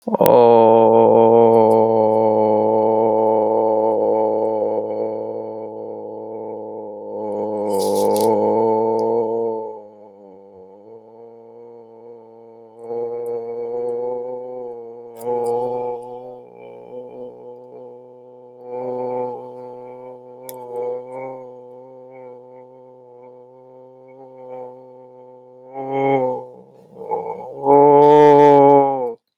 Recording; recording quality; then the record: sustained vowel as in boot; excellent, no background noise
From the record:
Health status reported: healthy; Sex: male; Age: 24 years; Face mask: not worn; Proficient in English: yes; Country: United States